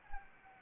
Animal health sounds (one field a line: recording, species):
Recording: mosquito wingbeat signal from an infrared sensor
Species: Anopheles arabiensis